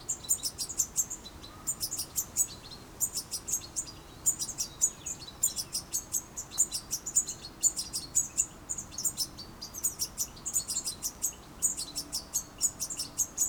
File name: Carduelis carduelis